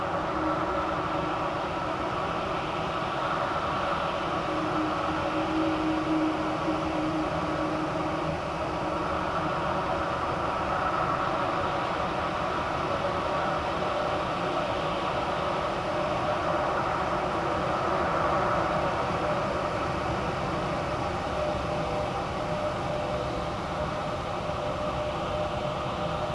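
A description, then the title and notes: A large, cavernous emptiness fills the whole clip as a steady, unbroken drone. Several sustained tones hum at low and middle pitches over a rumbling bed, with a faint rail-like rattle, and the level hardly shifts from start to finish. EmptyWarehouse. Large Spaced Cavernous Emptiness.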